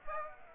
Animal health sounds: mosquito wingbeat signal from an infrared sensor; Aedes aegypti

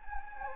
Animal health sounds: mosquito wingbeat signal from an infrared sensor; Anopheles gambiae

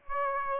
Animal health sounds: mosquito wingbeat signal from an infrared sensor; Aedes aegypti

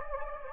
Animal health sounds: mosquito wingbeat signal from an infrared sensor; Anopheles gambiae

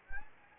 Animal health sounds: mosquito wingbeat signal from an infrared sensor; Anopheles gambiae

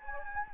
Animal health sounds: mosquito wingbeat signal from an infrared sensor; Anopheles gambiae

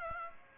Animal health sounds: mosquito wingbeat signal from an infrared sensor; Aedes aegypti

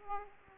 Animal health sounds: mosquito wingbeat signal from an infrared sensor; Aedes aegypti

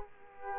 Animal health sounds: mosquito wingbeat signal from an infrared sensor; Culex quinquefasciatus

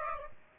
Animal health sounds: mosquito wingbeat signal from an infrared sensor; Aedes aegypti

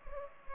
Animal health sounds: mosquito wingbeat signal from an infrared sensor; Culex pipiens

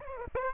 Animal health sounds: mosquito wingbeat signal from an infrared sensor; Aedes aegypti

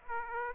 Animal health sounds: mosquito wingbeat signal from an infrared sensor; Aedes aegypti

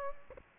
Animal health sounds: mosquito wingbeat signal from an infrared sensor; Aedes aegypti

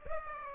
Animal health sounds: mosquito wingbeat signal from an infrared sensor; Aedes aegypti

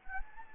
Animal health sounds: mosquito wingbeat signal from an infrared sensor; Anopheles gambiae

